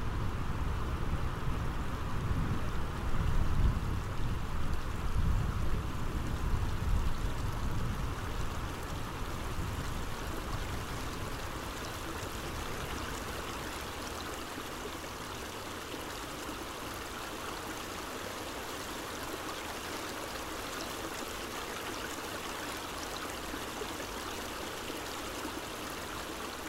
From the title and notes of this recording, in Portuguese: Afundamos no rio por um instante, ouvindo o som do fundo das águas.